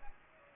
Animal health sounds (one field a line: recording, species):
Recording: mosquito wingbeat signal from an infrared sensor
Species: Aedes aegypti